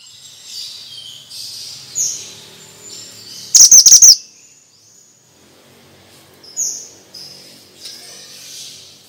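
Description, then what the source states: Bird lets out one loud burst of rapid high chirps amid soft, thin whistles and a faint background hiss. Effective lure for stressed birds; 'suara mantenan' sound.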